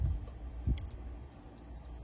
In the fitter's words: you take this little t-tap right it's like a little pac-man looking dealie you click it and it makes a little click